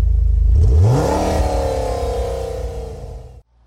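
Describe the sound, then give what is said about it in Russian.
A taxi's engine revs up loudly as it pulls away from a standstill, pitch climbing then settling into a steady rising drone before cutting off abruptly. “Такси Матвея и Веры в эту секунду трогается с места.”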